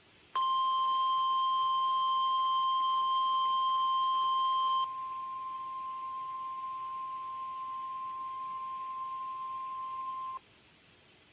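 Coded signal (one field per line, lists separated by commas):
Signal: Emergency Alert System (SAME) tones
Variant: 1050 Hz attention tone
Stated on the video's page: Test Tornado Watch and Warning for a statewide tornado drill, broadcast on NOAA Weather Radio station WXL61.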